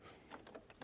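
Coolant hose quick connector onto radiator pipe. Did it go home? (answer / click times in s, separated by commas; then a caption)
no / none. The plastic quick connector on the coolant reservoir hose of a 2011–2015 LW-model Ford Focus (1.6L, 1.8L, 2.0L) is being handled and pushed toward the radiator-side pipe, where it must lock with a click to be properly fitted. Faint, brief handling taps occur at about 0.3, 0.5, 0.8 and 0.9 seconds over low background noise. Nothing has seated or clicked yet.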